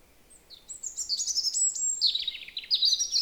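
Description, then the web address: European robin song, one continuous high phrase of sweet, tumbling notes and short trills that slide up and down, over a soft steady hiss. "SETE data Erithacus rubecula"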